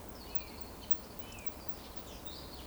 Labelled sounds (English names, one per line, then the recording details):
Eurasian Woodcock whistle
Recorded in Baden-Württemberg, Germany, on 12 June 2020 at 20:17 UTC
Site 14569, 102 m above sea level